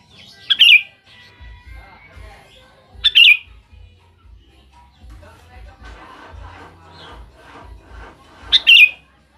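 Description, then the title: Sooty-headed bulbul song: three short, bright, bubbly warbled phrases that dip in pitch, spaced several seconds apart, over soft low thumping and faint background rustle. "Kutilang"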